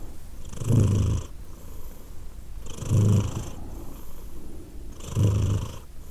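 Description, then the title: Cat purr swelling in three deep, rumbling pulses spaced roughly two seconds apart, with quieter purring between them. Domestic cat named Edith purring in Glasgow, Scotland, in December 2023. "Edith purring, Glasgow, Scotland in December 2023 – by Steve Urquhart"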